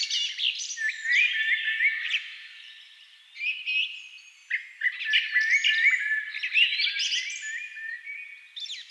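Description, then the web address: Thrush song: varied warbled and whistled phrases, bright and chattering, with a brief lull. Thrushes at dusk. "agykontroll CD 3-A természet hangjai Rigók szürkületkor"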